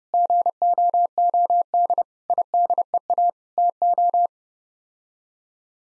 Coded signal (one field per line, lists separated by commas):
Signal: Morse code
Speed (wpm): 30 wpm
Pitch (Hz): 700 Hz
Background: none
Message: GOOD IDEA TO